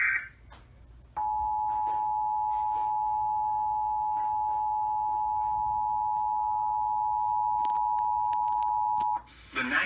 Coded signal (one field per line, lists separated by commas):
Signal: Emergency Alert System (SAME) tones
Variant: 853 and 960 Hz attention tone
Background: speech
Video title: Here Come The Storms...EAS Alerts From July 22, 2020 (EAS #212-234)